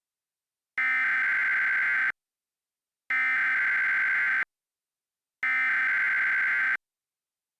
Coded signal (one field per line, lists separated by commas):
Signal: Emergency Alert System (SAME) tones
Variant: header bursts